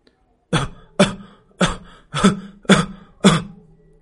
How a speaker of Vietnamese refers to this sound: Bên trong cư an tiểu cát, Doãn Thanh nghe được tiếng ho khan thì quay người lại xem, cậu phát hiện ra tiếng ho này phát ra từ hồ ly đang nằm trên bàn. Doãn Thanh chưa bao giờ nghe động vật ho khan nên chỉ nghĩ là hồ ly ăn táo nên bị sặc.